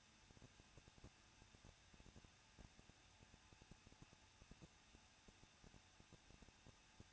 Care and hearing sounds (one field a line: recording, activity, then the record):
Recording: daily activity, microphone in the room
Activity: no activity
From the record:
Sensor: 2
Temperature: 21.0 degrees Celsius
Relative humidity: 37.5%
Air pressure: 1006.2 hPa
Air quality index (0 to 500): 223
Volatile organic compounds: 25 ppm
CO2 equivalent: 2827 ppm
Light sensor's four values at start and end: 2/3/2/2 and 2/3/2/2